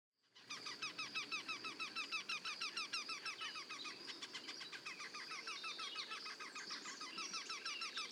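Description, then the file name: Eurasian wryneck duet, a steady run of nasal, squeaky notes about three per second. Two wrynecks calling together in a duet. "torcols en duo"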